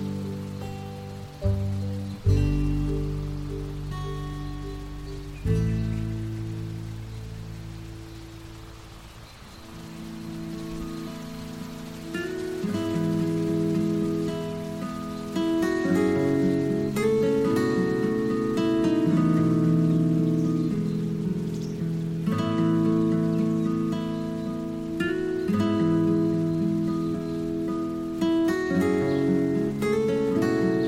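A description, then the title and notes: Relaxing guitar music plays over a field ambience, with warm low chords changing every few seconds and brighter plucked notes picking up after the first ten seconds. A soft, steady hiss of wind runs underneath, with a gentle dip in loudness near the ten-second mark. Fields ambience. Wind blowing. Relaxing guitar music.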